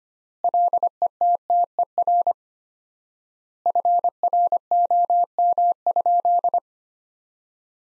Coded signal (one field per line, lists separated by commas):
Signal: Morse code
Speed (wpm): 25 wpm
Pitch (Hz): 700 Hz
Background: none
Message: LETTER FROM?